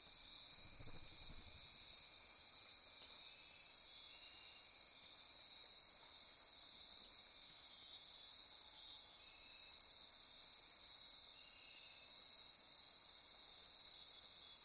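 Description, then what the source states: Insects keep up a steady high trilling chorus, with a brief low rustle near the start and faint softer buzzes later. Insect chorus recorded at midnight near Corcovado.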